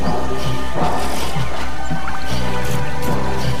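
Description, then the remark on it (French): Oars dip and splash in a steady rowing rhythm, each stroke a loud watery slosh over a constant low rumble of moving water. “Cesse de délirer, et rame.”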